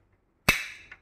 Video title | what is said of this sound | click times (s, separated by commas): CARA MUDAH GAMPANG PASANG ROLLER BLIND/TIRAI GULUNG/TIRAI PENUTUP JENDELA | Begitu mengeluarkan suara seperti ini, berarti sudah terkunci. | 0.5 s